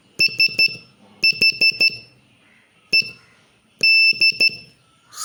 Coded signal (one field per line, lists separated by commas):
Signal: Morse code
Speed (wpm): 12 wpm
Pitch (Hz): 2650 Hz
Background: none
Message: SHED